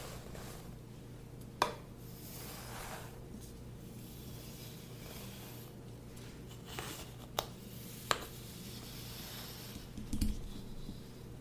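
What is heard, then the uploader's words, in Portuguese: A full scalp massage: soft, steady rubbing and brushing sounds over a constant low hum. Sharp little taps or clicks stand out now and then, near two seconds, twice around seven to eight seconds, and again just after ten. ASMR de massagem completa no seu couro cabeludo.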